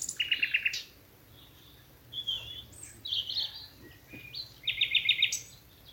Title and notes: Sound Escape 11: the glorious song of nightingales from a Dorset wood. it's evening at Alners Gorse, a nature reserve in Dorset run by Butterfly Conservation . As the dew falls, the extraordinary song of nightingales rises from the thickets. Recorded by Martin Maudsley. BBC Countryfile Magazine